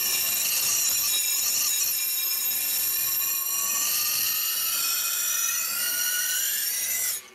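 A Damascus-steel dagger blade scrapes steadily against a spinning grindstone, a continuous harsh rasp with bright metallic whine that rises slightly in pitch before cutting off abruptly at the end. No voices.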